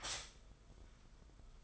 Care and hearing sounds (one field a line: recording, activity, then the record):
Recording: daily activity, microphone in the room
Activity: stop toaster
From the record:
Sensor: 5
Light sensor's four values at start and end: 36/113/43/46 and 36/113/43/46